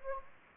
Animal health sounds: mosquito wingbeat signal from an infrared sensor; Anopheles gambiae

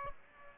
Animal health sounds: mosquito wingbeat signal from an infrared sensor; Aedes aegypti

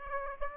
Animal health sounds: mosquito wingbeat signal from an infrared sensor; Aedes aegypti

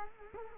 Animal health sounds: mosquito wingbeat signal from an infrared sensor; Culex quinquefasciatus

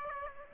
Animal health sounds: mosquito wingbeat signal from an infrared sensor; Aedes aegypti

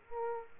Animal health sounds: mosquito wingbeat signal from an infrared sensor; Aedes aegypti

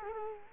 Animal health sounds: mosquito wingbeat signal from an infrared sensor; Culex quinquefasciatus

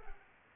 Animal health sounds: mosquito wingbeat signal from an infrared sensor; Culex pipiens

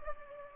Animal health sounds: mosquito wingbeat signal from an infrared sensor; Culex pipiens

